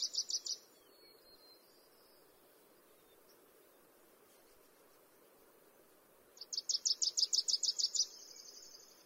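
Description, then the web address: Wilson's warbler song, a high rapid chatter of repeated notes, heard briefly at the start and again more fully near the end over steady background noise. Songbird of the western USA. "Songs of Birds of North America Western USA Songbirds. Wilsons Warbler"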